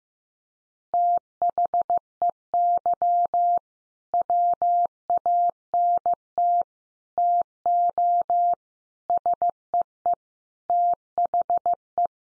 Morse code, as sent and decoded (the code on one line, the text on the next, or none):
- .... . -.-- / .-- .- -. - / - --- / ... . . / - .... .
THEY WANT TO SEE THE